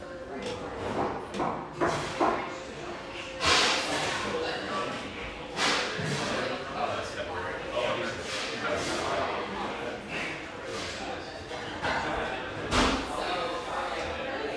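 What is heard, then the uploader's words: A busy surf-shack espresso bar fills with steady overlapping chatter, a dense murmur of voices that never drops away. Sharp clatters and bright bangs punctuate it every second or two, with a loud crash near 3.5 seconds and another near 12.8. Bubbly surf-shack-meets-espresso-bar in one of sunny Marin's best towns.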